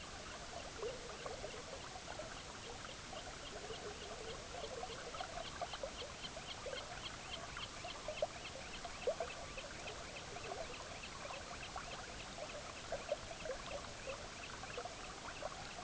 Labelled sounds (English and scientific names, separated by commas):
Semipalmated Plover (Charadrius semipalmatus), unidentified sound